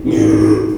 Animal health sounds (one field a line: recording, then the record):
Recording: squeal of a Yucatan mini pig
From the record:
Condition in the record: before surgery on the right vocal fold (resection and tissue-engineered implant)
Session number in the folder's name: 1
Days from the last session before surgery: -3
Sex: male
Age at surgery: 12 weeks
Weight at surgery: 13 kg